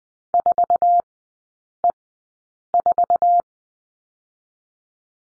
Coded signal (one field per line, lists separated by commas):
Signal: Morse code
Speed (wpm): 20 wpm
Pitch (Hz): 700 Hz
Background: none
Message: 4E4